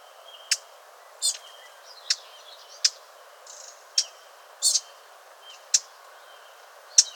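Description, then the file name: Eurasian blackcap calling with hard, dry ticks repeated roughly every second, over a faint high whine and chirps. "Sylvia atricapilla"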